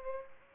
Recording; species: mosquito wingbeat signal from an infrared sensor; Culex pipiens